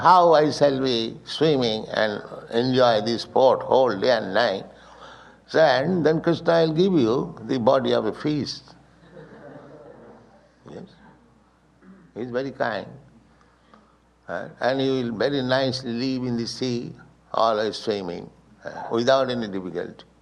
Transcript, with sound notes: "How I shall be swimming and enjoy this sport whole day and night?" then Kṛṣṇa will give you the body of a fish. [laughter] Yes. He is very kind. And you will very nicely live in the sea, always swimming without any difficulty.